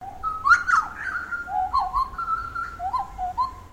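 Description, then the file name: Bird calling with clear whistled notes that slide up and down in short warbling phrases, repeated several times over about four seconds. Recorded at Noosa. "BIRD UNKNOWN NOOSA CALL"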